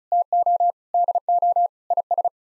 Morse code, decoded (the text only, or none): TO DO IS